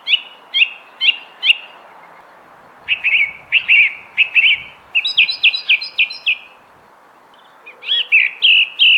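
Thrush song: short, clear phrases repeated several times in quick succession, with brief pauses between groups.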